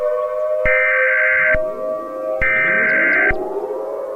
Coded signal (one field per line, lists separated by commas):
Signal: Emergency Alert System (SAME) tones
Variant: header bursts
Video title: EAS Scenario #2: The Christmas Disaster